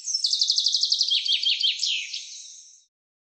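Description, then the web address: Bird giving a fast, high trill of repeated notes, then a series of sliding, downward-slurred chirps that fade out near the end. "cianscape birddata Deverinetal 2025 Bird Fr Co"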